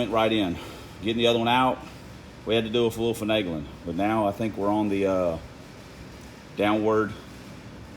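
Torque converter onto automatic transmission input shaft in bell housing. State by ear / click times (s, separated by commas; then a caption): not seated / none. Someone talks while a torque converter is being handled onto the automatic transmission input shaft in the bell housing of a 1990 5.0 Lincoln Town Car. Only speech is heard, with no sharp knocks. Nothing has seated or clicked yet.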